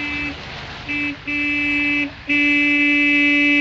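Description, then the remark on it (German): A car horn honks four times in the radio play Meister Eder und sein Pumuckl: two short toots, then a longer blast and a final sustained one. The tone is steady, bright and fairly loud, with no talking. “Ja, ja, hup nur, ich werde auch hupen.”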